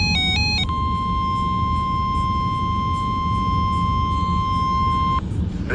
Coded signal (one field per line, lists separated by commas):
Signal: Emergency Alert System (SAME) tones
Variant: 1050 Hz attention tone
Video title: the weekly's of the week (EAS 594-595)